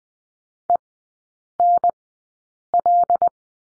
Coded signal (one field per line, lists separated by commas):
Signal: Morse code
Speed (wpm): 20 wpm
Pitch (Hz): 700 Hz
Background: none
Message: ENL